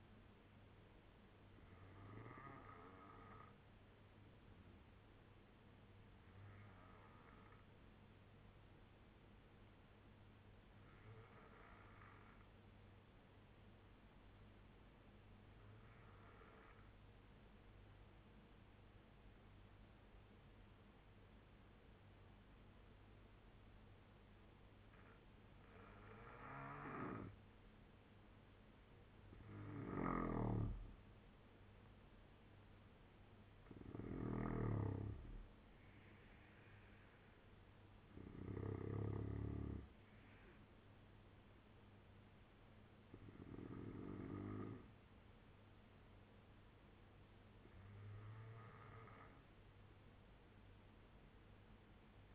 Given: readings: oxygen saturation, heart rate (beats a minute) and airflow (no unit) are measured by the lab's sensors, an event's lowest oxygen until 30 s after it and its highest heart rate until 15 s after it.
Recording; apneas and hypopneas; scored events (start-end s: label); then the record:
breathing in sleep by a voice recorder at the bedside; 1
3.00-52.35 s: new sleep stage, N2 (light sleep)
11.00-29.30 s: obstructive apnea (N2, oxygen 94% highest, then 88% lowest, heart rate 70 at the start, 80 highest)
From the record:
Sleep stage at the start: N3 (deep sleep); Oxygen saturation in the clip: 84 to 94%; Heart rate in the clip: 67 to 80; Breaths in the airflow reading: 6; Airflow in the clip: -6.8 to 9.6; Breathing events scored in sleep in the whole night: 201 in 6.5 hours asleep